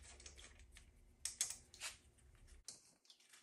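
A threaded fastener on the rear of an old Honda XL70 minibike frame is worked during removal. Over a low rumble, sharp metallic ticks ring out at 1.2 and 1.4 s, followed by a brief scraping burst near 1.9 s and quieter fiddling, and nothing has seated or clicked. The bolt thread strips out during removal.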